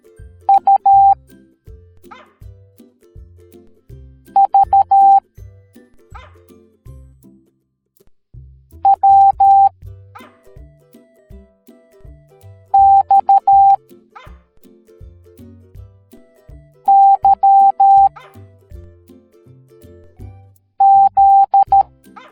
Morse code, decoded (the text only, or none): U V W X Y Z